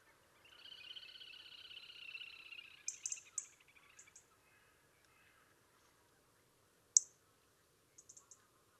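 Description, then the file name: European robin ticks, sharp and high, in short clusters and one loud single note, following a longer, buzzy, wavering sound in the lower register at the start. "Erithacus rubecula"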